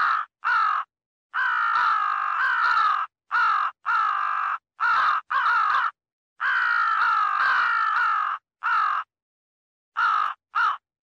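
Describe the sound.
Crow cawing in an irregular run, brief harsh notes alternating with long drawn-out rasping caws, pauses between bursts; nothing else heard.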